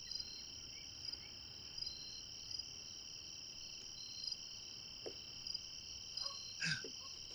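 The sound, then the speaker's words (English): Crickets or small frogs chirp in a steady, high-pitched drone, with brief pulses recurring every second or so and a few short, lower calls near the end. No one speaks. “Frogs. Little frogs. Or are they crickets?”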